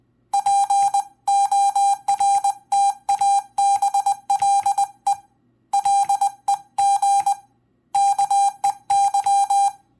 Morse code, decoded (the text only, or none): PORTABLE LEG KEY